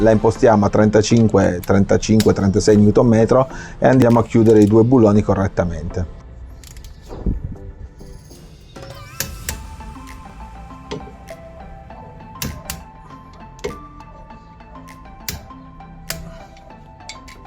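On a Fiat 500L during a front brake pad replacement, the two M8 brake caliper bolts are tightened with a 13 mm socket on a torque wrench set to 35–36 Nm so they are closed properly. Someone talks for the first six seconds, then there is quieter ratcheting and handling. The wrench breaks at its setting with sharp click pairs at 9.2 s and 12.4 s, one for each bolt.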